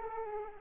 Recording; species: mosquito wingbeat signal from an infrared sensor; Aedes aegypti